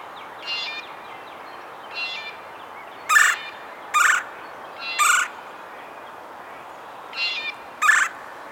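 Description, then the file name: Red-bellied Woodpecker churr calls, short buzzy trills, mixed with several loud harsh rasping notes, over a quiet background. "Melanerpes carolinus - Red-bellied Woodpecker"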